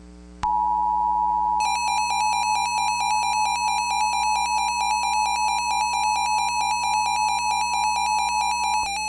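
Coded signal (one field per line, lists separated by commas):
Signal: Emergency Alert System (SAME) tones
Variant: 853 and 960 Hz attention tone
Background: music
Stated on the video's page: Fictional EAS scenario.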